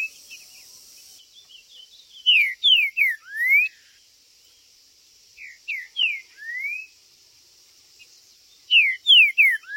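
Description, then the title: Green-winged saltator song: three bursts of loud whistled notes, mostly falling slurs, the first two ending in a rising one, separated by pauses, with faint chirps and steady hiss. Chirping, singing and territorial calling in a contest. "TRINCA Piando, Cantando E Macheando Na DISPUTA"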